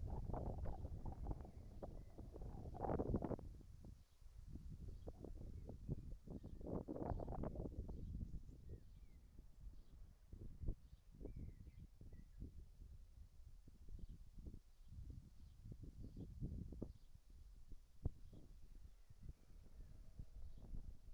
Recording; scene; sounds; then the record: everyday scene through a hearing-aid microphone; wind on the microphone; wind, whistling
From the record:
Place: in front of a rural house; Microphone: behind the ear, right, rear